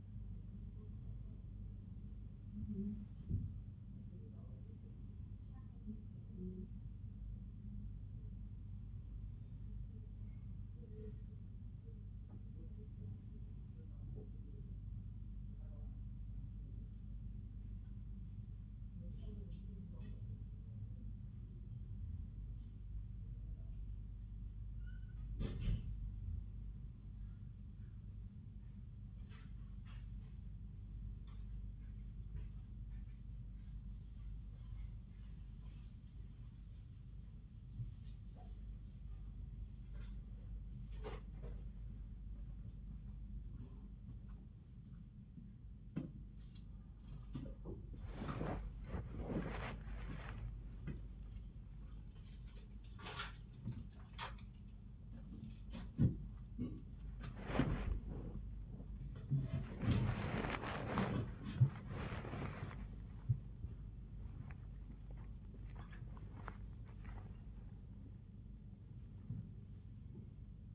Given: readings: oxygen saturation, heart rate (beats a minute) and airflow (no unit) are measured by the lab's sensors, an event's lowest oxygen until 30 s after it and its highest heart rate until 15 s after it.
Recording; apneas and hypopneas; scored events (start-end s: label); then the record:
breathing in sleep by a smartphone at the bedside; 1
39.00-62.80 s: hypopnea (N1, oxygen 96% highest, then 94% lowest, heart rate 93 at the start, 107 highest)
41.00-70.75 s: new sleep stage, awake
46.00-70.75 s: awake
From the record:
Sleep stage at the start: N1 (lightest sleep); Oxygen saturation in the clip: 95 to 97%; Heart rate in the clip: 90 to 107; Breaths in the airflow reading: 16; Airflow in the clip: -14.8 to 16.5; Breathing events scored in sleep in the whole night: 400 in 8.7 hours asleep